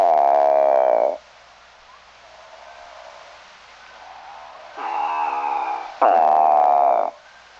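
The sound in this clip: Eastern Spadefoot, three buzzy groaning calls: one at the start, then two close together near the end after a quiet pause.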